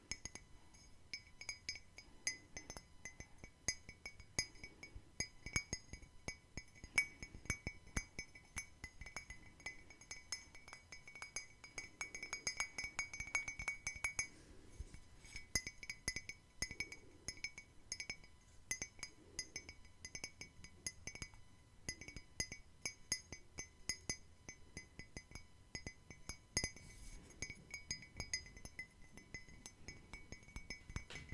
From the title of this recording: Tapping No Talking